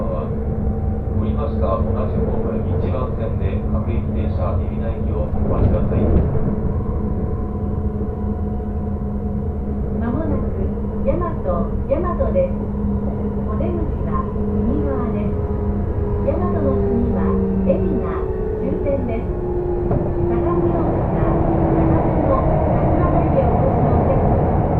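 A train ride, with a steady low rumble and hum running through the whole recording. Voices talk on and off over it, and a long tone slowly glides downward between about ten and twenty seconds, like the motor changing pitch as the train slows.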